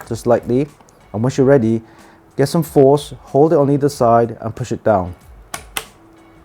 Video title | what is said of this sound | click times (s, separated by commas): How to Install DDR4 Memory using Lexar Hades RGB DDR4-3600 32GB Kit | You get that click. That's good, that's locked in. | 5.5 s, 5.8 s